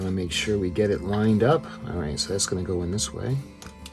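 Someone talks while lining up a small plastic lighting wire connector with its mating connector on the base of a MU-ART R.M.S. Titanic model with lights, getting it the right way round. A few brief, quiet handling ticks come near 3.6 and 3.9 seconds, but nothing has seated or clicked yet.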